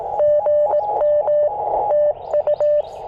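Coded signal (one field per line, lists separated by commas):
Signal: Morse code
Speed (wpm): 18 wpm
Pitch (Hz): 590 Hz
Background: none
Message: GM TU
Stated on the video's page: QRP CW Parks on the Air activation with a Yaesu FT-817ND and Chelegance MC-750 vertical on 40 and 20 meters.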